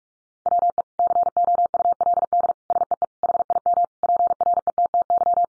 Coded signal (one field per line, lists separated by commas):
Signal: Morse code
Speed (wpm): 44 wpm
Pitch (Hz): 700 Hz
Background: none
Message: WE COULD SEE HIM PRETTY